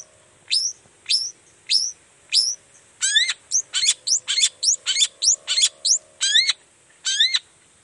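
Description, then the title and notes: Long-tailed shrike song: spaced high descending whistled notes, then fast harsh layered calls, ending with two slower repeats. Cendet song in the morning, described as gacor (singing intensely) with toet toet variations, used to provoke other cendet into answering. "Cendet Gacor Dor Di Kala Pagi Toet Toet Variasi Suara. Cendet Gacor Pagi Hari Biangnya Bikin Cendet Manapun Langsung On Nyaut Buka Materi. Burung cendet"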